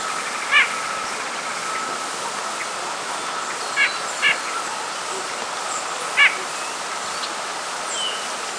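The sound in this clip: White-breasted nuthatch giving short nasal notes, singly and in a quick pair, four calls in all over a steady background hiss.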